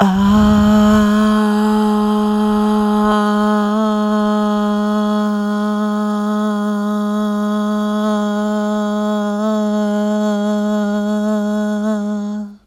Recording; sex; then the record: sustained vowel /a/; female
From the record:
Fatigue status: fatigue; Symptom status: symptomatic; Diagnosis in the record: COVID-19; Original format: m4a